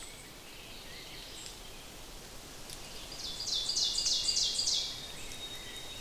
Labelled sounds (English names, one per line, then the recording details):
Ovenbird song
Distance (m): 20 m
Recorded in boreal forest in Alberta, Canada, on 6 June 2016 at 08:43
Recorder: SongMeter 3, array SBT-3-51
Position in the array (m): 216 m, 15 m
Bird 27